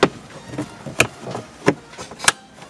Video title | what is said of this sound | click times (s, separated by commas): Infiniti QX50 QX60 QX70 QX80 2014 2015 2016 2017 VLine Install CarPlay Android Auto Glove Box NIS9 | And once we've heard that click and we wiggle it, we know it's in there. | 0.0 s